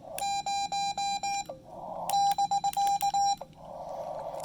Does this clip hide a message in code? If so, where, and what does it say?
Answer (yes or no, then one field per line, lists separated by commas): yes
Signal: Morse code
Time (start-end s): 0.2-3.3 s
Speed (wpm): 18 wpm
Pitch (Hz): 800 Hz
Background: none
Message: 0 <BK>